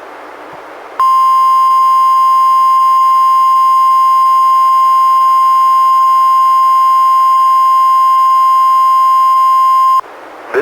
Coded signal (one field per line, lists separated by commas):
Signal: Emergency Alert System (SAME) tones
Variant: 1050 Hz attention tone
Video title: EAS #255: NWR Required Weekly Test- June 27, 2018- 11:05AM PDT